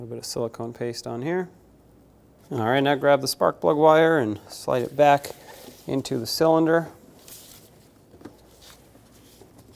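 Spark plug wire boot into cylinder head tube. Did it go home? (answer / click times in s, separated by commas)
no / none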